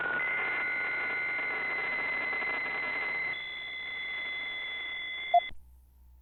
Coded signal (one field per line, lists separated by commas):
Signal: PSK63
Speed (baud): 62.5 baud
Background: radio noise